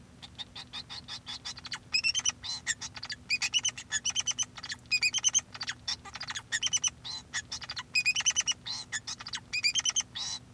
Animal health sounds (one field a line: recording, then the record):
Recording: song of a male Bengalese finch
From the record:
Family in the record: son of father 2